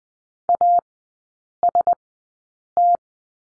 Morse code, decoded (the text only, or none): AST